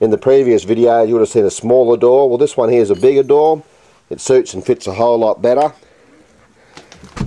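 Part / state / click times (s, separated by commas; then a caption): gas bottle compartment door latch on a motorhome body / seated / 7.2 s. Someone talks about a newly fitted, larger gas bottle compartment door on the side of a motorhome, then goes quiet as the door is swung closed. Small knocks come at 6.8 and 6.9 seconds before the latch catches with a sharp click at 7.2 seconds, locking the door shut.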